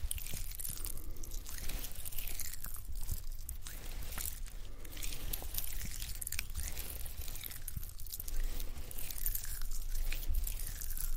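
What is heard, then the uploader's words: Hands rub lotion back and forth, a wet, squishy friction that runs continuously with no pauses. Sticky smacking and slippery smears rise and fall in quick, uneven strokes, bright and crackly up top, with a low rumble underneath. Hand lotion massage.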